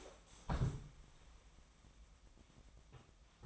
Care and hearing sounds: daily activity, microphone in the room; stand up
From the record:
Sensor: 1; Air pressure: 1005.0 hPa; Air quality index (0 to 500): 123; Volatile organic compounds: 5 ppm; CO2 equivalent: 1722 ppm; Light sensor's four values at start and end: 11/27/11/12 and 11/26/10/11

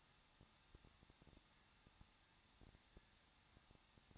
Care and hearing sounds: daily activity, microphone in the room; no activity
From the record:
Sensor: 3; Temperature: 21.2 degrees Celsius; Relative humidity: 36.3%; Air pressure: 1006.3 hPa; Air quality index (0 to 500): 221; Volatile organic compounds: 40 ppm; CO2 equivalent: 3150 ppm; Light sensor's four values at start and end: 2/3/2/2 and 2/3/2/2

